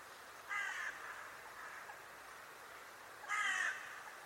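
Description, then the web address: Bird giving two hoarse, grating caws about three seconds apart over a continuous background hiss. "cianscape. Deverinetal 2025. Bird Only"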